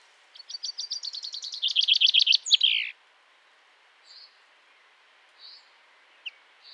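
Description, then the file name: Common chaffinch song of fast, descending chipping notes ending in a flourish, followed by several soft, widely spaced call notes. "Fringilla coelebs"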